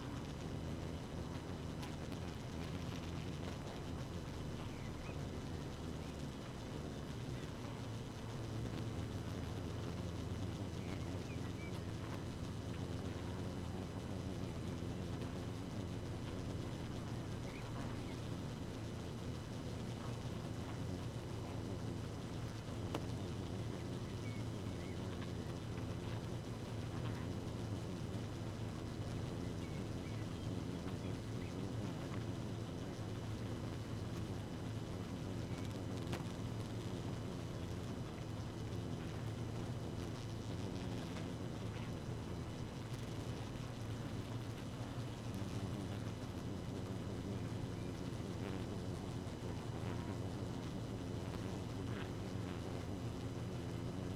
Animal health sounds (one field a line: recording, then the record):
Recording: honeybee colony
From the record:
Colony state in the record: active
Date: 12 June 2018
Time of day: 2:54